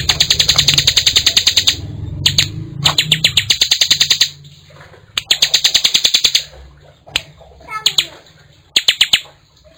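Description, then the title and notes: Bar-winged prinia singing rapid trains of clipped, high chips in short bursts, over a steady low hum. Collection of actively singing (gacor) birds, including young ones. "Kicau Ciblek. putri sherin. kumpulan suara burung ciblek gacor dan anakan"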